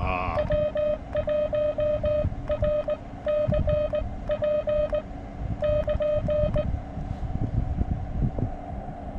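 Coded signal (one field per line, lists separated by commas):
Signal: Morse code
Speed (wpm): 19 wpm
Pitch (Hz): 600 Hz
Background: music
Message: W1RCP <KN>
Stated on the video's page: CW park activation (POTA), including park-to-park contacts, on a homemade base-loaded shortened vertical and an end-fed random wire.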